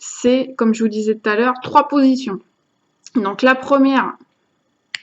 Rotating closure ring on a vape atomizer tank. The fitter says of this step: cloc vous entendez un petit clic en fait hein il